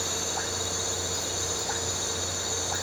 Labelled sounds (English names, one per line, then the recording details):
none
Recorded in pastures near Puerto Asís, Putumayo, Colombia, on 9 March 2025 at 00:00
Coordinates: 0.466, -76.322
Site CSA-02